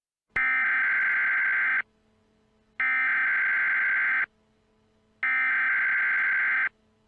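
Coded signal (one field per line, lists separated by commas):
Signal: Emergency Alert System (SAME) tones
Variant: header bursts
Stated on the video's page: Fictional tornado warning EAS alert with poorly worded English.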